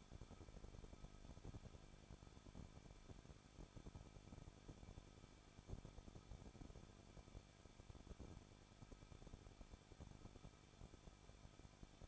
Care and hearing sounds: daily activity, microphone in the room; no activity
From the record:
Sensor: 5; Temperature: 20.8 degrees Celsius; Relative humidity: 38.6%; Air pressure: 1006.5 hPa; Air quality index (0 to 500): 192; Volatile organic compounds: 21 ppm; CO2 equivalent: 2709 ppm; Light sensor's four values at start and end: 2/3/1/1 and 2/3/1/1

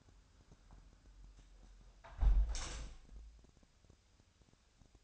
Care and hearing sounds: daily activity, microphone in the room; close window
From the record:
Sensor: 2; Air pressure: 1006.2 hPa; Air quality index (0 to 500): 185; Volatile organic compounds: 10 ppm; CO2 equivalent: 2259 ppm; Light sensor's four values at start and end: 8/20/8/9 and 8/20/8/8

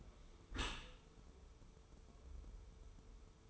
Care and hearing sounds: daily activity, microphone in the room; close dishwasher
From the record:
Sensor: 1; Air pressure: 1015.0 hPa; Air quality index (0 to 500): 26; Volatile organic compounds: 1 ppm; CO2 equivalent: 506 ppm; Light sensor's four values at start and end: 13/30/12/13 and 13/30/12/13

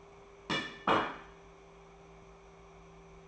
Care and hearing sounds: daily activity, microphone in the room; place plate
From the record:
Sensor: 1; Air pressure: 1015.1 hPa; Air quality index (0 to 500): 201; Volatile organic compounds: 25 ppm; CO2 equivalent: 2846 ppm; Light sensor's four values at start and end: 28/69/29/35 and 29/71/30/36

